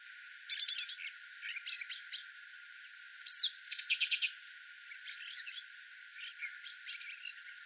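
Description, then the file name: Great tit giving harsh, buzzy chattering calls in short rapid bursts, with a loud burst near the start and another about three seconds in, plus softer scattered notes between. "Parus major"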